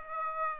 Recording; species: mosquito wingbeat signal from an infrared sensor; Aedes aegypti